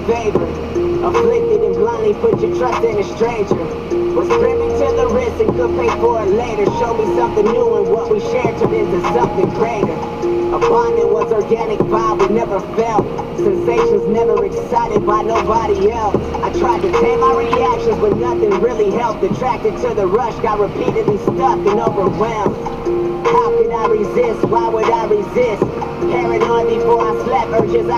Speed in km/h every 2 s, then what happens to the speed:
85, 86, 88, 88, 87, 85, 82, 82, 82, 81, 79, 75, 75, 76.
0-28 slows to 76.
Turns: none.